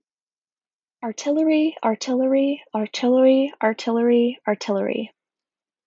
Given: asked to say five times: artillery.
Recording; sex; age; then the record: repeated word; female; 20 to 29 years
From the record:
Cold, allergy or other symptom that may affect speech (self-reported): no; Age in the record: 24 years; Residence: Washington, United States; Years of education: 16